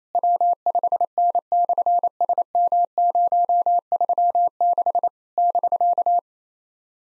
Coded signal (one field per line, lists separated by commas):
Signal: Morse code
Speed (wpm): 27 wpm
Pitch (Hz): 700 Hz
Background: none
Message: W5N/SM036 <BK>